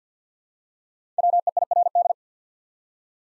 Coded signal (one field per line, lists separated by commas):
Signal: Morse code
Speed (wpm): 50 wpm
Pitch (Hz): 700 Hz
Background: none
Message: WEIRD